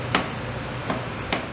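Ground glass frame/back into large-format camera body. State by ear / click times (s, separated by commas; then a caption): not seated / none. Someone works the ground glass frame back of a wooden Intrepid 8x10 large-format camera, pushing the other side to lock it into the camera body. Three knocks are heard at about 0.2, 0.9 and 1.3 seconds, the first loudest. Nothing has seated or clicked yet; that side of the back still fails to lock in.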